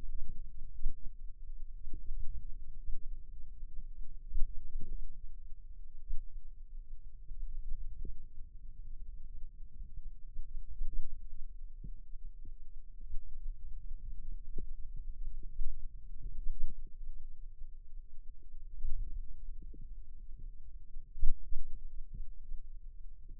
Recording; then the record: forearm muscle sounds (acoustic myography)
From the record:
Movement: hand opening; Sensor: system 2, bracelet of six BSWA MPA416 microphones around the upper forearm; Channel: 2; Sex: female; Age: 22 years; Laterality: right